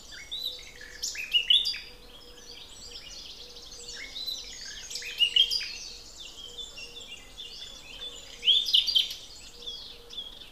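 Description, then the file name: Common nightingale delivers loud, rich phrases of whistles and rattling trills in separate bursts, with many other birds twittering continuously behind. "Luscinia megarhynchos"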